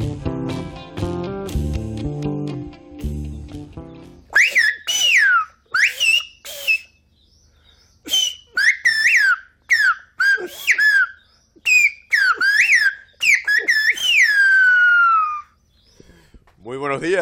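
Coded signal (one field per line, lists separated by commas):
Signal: whistled language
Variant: Silbo Gomero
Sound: brief music, then a series of loud gliding whistles rising and falling in pitch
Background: music intro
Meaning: A whistled greeting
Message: saludo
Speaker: yo daría gracias por eso saludo no podemos empezar mejor a la entrevista porque aquí tenemos a un silbador un experto en el silbo gomero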